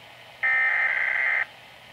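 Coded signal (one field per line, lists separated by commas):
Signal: Emergency Alert System (SAME) tones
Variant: header bursts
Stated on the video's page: Real Weatheradio Canada snow squall warning.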